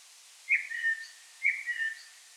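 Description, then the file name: Common blackbird calls: two short whistled notes about a second apart, each with a sharp high start and a lower, drawn-out tail, over faint steady hiss. "Turdus merula"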